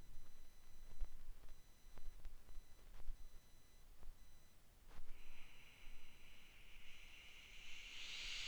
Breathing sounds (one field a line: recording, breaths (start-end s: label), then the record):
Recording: nose breathing near a microphone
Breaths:
0.00-0.67 s: exhalation
4.99-8.48 s: inhalation
From the record:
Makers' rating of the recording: medium